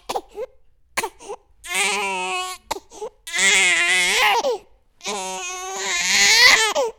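A baby cries in three sustained, high-pitched wails with a clear, tonal quality. Short catching breaths and small vocal sounds come between the wails, and the pitch wavers and rises toward the end of each one. It is an ordinary infant cry.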